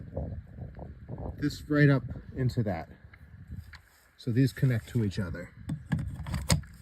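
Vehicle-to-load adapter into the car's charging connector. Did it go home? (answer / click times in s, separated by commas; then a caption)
yes / 6.5 s. A Hyundai vehicle-to-load adapter is plugged into the car's charging connector while someone talks, with small handling clicks and rattles along the way. A sharp click at 6.5 s marks the adapter locking in and seating.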